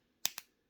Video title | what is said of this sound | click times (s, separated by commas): Transformers: Generation 2 Autobot Cyberjets | but if you just push it enough it just snaps back it snaps into place | 0.2 s, 0.4 s